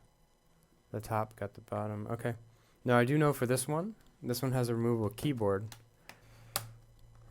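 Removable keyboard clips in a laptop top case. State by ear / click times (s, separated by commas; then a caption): released / 6.1 s, 6.6 s. Someone talks while the removable keyboard of an HP laptop is gently pried up from its top case. Its plastic retaining clips pop loose with small, sharp pops at 6.1 s and 6.6 s, two of roughly three expected, and the keyboard comes free.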